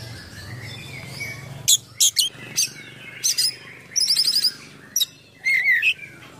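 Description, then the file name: Oriental magpie-robin song: scattered sharp chips and a quick rattling trill, ending in a slurred whistled phrase. Full song with many imitated phrases (gacor, full isian), described as luxurious. "KACER GACOR FULL ISIAN MEWAH"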